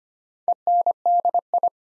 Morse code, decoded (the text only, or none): ENDI